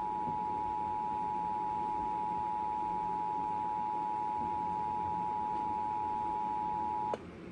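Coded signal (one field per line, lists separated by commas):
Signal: Emergency Alert System (SAME) tones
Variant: 853 and 960 Hz attention tone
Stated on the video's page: Valid Local Area Emergency activation SAME tones.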